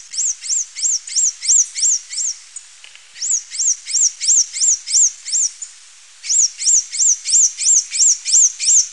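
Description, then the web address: Blue-winged Mountain Tanager calls: sharp, high arched notes repeated about three per second in steady runs, separated by brief pauses. Recorded in Ecuador. "Birds of Ecuador. Blue-winged Mountain-Tanager"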